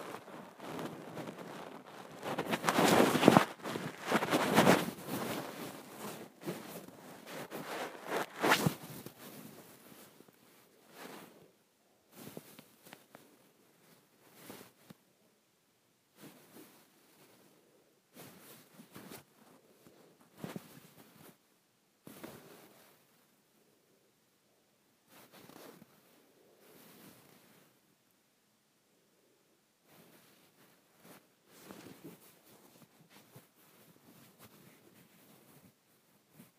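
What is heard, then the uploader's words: Fingers scratch and rub across a comforter blanket, starting with a loud, dense burst of rough fabric noise in the first ten seconds. After that the scratching turns sparse and quieter, coming in short separate strokes with silent gaps. ASMR Scratching my Comforter Blanket.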